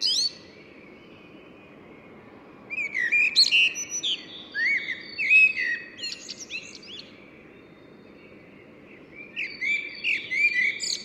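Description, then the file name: Common blackbird song phrases of sliding whistles topped with high scratchy twittering, a longer phrase early and another after a pause, steady low noise throughout. "Turdus merula"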